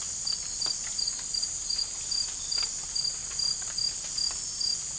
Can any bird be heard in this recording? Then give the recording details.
no. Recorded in dense forest near Puerto Asís, Putumayo, Colombia, on 20 December 2024 at 00:30. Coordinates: 0.481, -76.323. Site G100